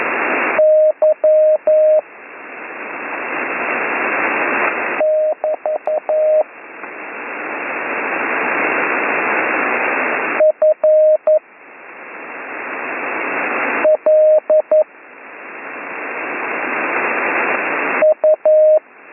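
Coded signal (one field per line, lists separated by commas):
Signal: Morse code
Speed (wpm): 11 wpm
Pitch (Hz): 620 Hz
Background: radio noise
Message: Y <BT> F L U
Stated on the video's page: Slow Morse code course lesson, week 6.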